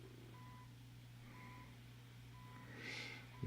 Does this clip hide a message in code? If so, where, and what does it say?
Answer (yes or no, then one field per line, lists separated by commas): no